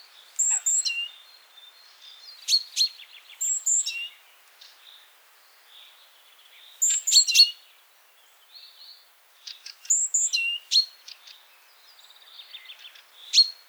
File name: Parus major